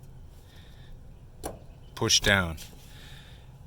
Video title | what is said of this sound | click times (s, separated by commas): SOLVED! PART 2 Hyundai Tuscon Fuel Pump Assembly Replacement | click push down this one already clicked push | 1.5 s